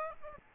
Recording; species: mosquito wingbeat signal from an infrared sensor; Aedes albopictus